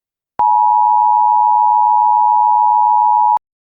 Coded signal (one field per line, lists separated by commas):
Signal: Emergency Alert System (SAME) tones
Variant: 853 and 960 Hz attention tone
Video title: EAS Scenario: The Frost Apocalypse [FULL]